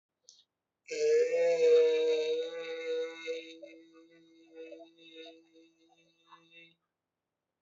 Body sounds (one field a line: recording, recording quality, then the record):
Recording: sustained vowel as in made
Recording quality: excellent, no background noise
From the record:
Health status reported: healthy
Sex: male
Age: 30 years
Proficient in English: yes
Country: India